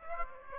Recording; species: mosquito wingbeat signal from an infrared sensor; Aedes aegypti